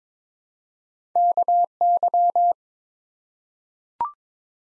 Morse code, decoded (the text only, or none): KY